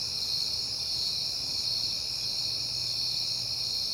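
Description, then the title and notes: Crickets giving a steady high-pitched chirping chorus that never pauses, layered shrill tones over a quiet low hum. Crickets heard often in September, recorded at night on a peaceful night. "Night Time: Crickets and Passing Cars. It is September and I have been hearing the crickets a lot, but finally had a peaceful night to make the recording"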